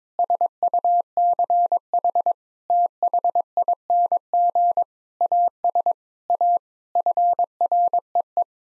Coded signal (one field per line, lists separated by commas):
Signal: Morse code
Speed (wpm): 22 wpm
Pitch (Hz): 700 Hz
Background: none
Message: SUCH THING AS A FREE